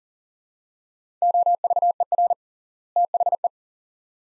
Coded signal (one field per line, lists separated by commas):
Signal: Morse code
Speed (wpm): 37 wpm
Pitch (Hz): 700 Hz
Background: none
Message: OVER THE